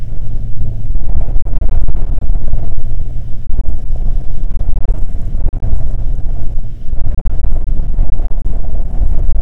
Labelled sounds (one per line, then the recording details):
wind
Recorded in the Prudhoe Bay oil fields, Alaska, on 21 June 2019 at 11:19
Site 22